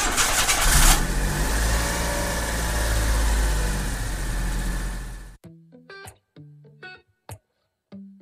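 A car engine cranks with a harsh burst, catches, and settles into a loud, steady low rumble for about five seconds before cutting off abruptly into sparse, punchy beats.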